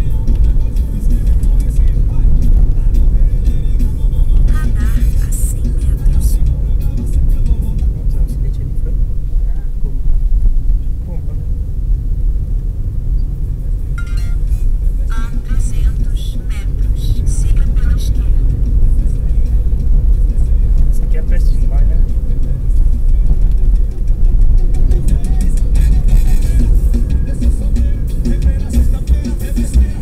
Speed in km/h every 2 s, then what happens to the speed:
43, 41, 41, 39, 35, 29, 32, 36, 38, 43, 46, 47, 49, 52, 49.
0-5 steady at about 41. 5-9 slows to 29. 11-25 speeds up to 52.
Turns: none.